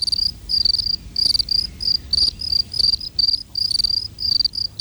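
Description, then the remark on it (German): Crickets chirp in steady, rapid pulses, a high, bright trilling that repeats in short bursts with brief gaps, over a low rumbling background and no voices. “Und wie überwintern die Grillen, die ja auch zu den wechselwarmen Tieren gehören?”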